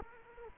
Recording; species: mosquito wingbeat signal from an infrared sensor; Culex quinquefasciatus